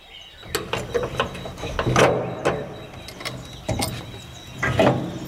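The door to a museum is unlocked and swung open, with a run of sharp metallic clicks and clunks from the lock and latch, irregular in rhythm, ending in a louder rattling clatter.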